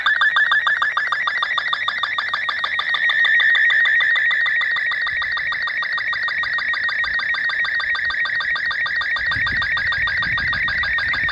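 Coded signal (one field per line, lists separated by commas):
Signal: SSTV (slow-scan television)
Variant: Robot 36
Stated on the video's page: SSTV from a homemade stratospheric balloon transmitter built from a Baofeng BF888S radio with a JQ6500 MP3 module; transmitter test.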